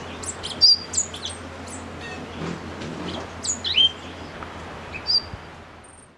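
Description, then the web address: Orange-bellied euphonia giving high, thin whistled notes, some sliding downward, scattered irregularly across the stretch with brief pauses between. Ecuador. "Natures Songs S America Birds of Ecuador Orange-bellied Euphonia"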